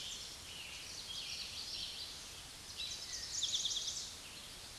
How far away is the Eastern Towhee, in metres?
about 40 m